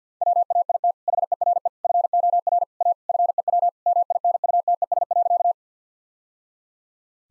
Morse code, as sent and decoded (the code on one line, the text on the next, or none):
.-- .- .. - / .... . .-. . / ..-. --- .-. / .- / ..-. . .-- / -- .. -. ..- - . ... .-.-.-
WAIT HERE FOR A FEW MINUTES.